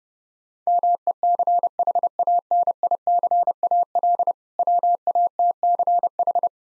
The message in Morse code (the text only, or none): MECHANICAL WATCH